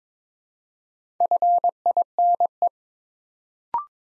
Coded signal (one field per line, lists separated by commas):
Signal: Morse code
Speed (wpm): 22 wpm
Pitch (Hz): 700 Hz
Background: none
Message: FINE